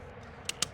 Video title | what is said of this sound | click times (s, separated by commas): 10 Tesla Model Y Accessories I Can't Live Without! | So all I have to do is pop this on like this. You'll hear a click. | 0.5 s, 0.6 s